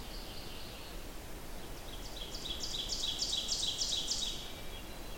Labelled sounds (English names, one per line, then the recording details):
Ovenbird song
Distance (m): 35 m
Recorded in boreal forest in Alberta, Canada, on 14 June 2016 at 07:15
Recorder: SongMeter 3, array SBT-3-33
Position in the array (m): 285 m, 289 m
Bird 22